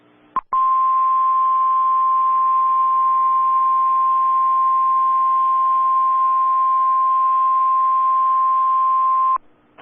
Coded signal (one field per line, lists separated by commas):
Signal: Emergency Alert System (SAME) tones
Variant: 1050 Hz attention tone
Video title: A plethora in the plains EAS compilation part 2, EAS alerts 94-100!!!